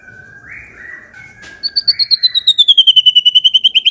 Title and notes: Pikat Murai Batu Durasi Panjang. Burung Murai Batu